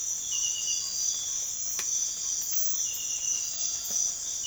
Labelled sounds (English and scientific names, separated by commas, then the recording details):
Ferruginous Pygmy-Owl (Glaucidium brasilianum)
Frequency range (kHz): Ferruginous Pygmy-Owl (Glaucidium brasilianum) 0.6-1.7 kHz
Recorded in pastures near Puerto Asís, Putumayo, Colombia, on 25 June 2025 at 05:30
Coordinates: 0.502, -76.324
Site G010